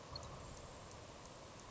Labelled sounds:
Grasshopper Sparrow
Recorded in Sonoma County, California

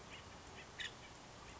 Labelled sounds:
Nuttall's Woodpecker
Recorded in Sonoma County, California

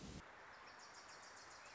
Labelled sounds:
Wilson's Warbler
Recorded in Sonoma County, California

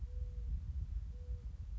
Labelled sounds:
Mourning Dove
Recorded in Sonoma County, California

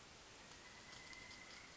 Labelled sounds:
Pileated Woodpecker
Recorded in Sonoma County, California

